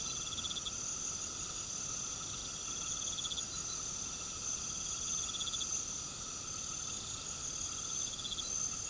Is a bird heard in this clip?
no